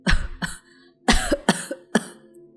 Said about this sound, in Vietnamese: Nói đến đây, bà cụ bịt miệng ho lên một tràng dài, rồi mới tiếp tục câu nói.